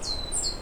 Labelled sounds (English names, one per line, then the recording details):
Stitchbird song
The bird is a male
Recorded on Tiritiri Matangi Island, New Zealand, in 2005
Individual 12, of nest box 16